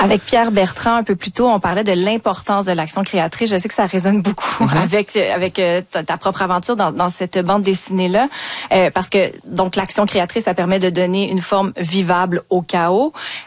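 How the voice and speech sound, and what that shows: A woman speaks French in a clear, steady, mid-pitched voice at an easy conversational pace, with brief natural pauses. One ordinary restart of a word occurs, but the flow is otherwise smooth, with no stuttering, strain or hoarseness: typical fluent speech.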